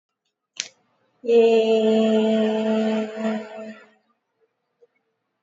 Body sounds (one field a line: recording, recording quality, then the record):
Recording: sustained vowel as in made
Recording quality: excellent, no background noise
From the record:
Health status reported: COVID-19 positive, mild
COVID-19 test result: positive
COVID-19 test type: RT-PCR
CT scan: not taken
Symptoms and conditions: fever, fatigue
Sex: female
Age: 22 years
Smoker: no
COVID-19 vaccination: both doses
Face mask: not worn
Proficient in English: yes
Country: India